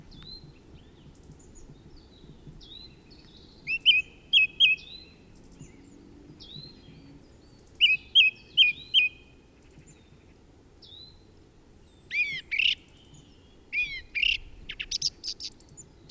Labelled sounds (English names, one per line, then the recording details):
Song Thrush song
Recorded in the wild
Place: DE
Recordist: Tretzel, Erwin